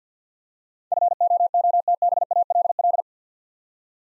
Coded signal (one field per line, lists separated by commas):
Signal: Morse code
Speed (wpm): 50 wpm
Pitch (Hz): 700 Hz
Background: none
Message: FOOTBALL